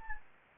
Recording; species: mosquito wingbeat signal from an infrared sensor; Anopheles gambiae